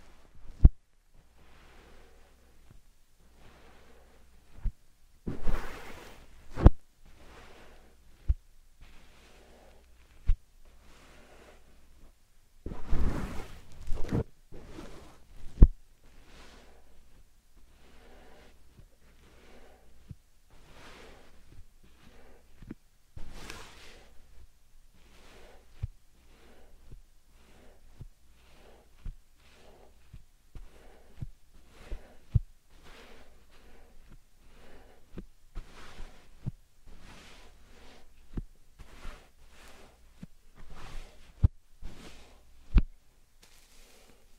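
Slime sand being squished and pressed in a series of short, wet, crinkly bursts, some coming in quick clusters and others spaced out. Occasional sharp clicks stand out, a louder patch arrives around 13 seconds, and a faint low hum runs underneath throughout.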